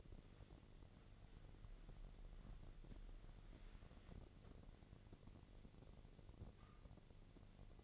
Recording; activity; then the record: daily activity, microphone in the room; wipe stove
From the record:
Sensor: 4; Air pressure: 1001.3 hPa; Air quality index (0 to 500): 185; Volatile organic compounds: 3 ppm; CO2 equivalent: 1324 ppm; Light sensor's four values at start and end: 13/30/12/13 and 13/29/12/12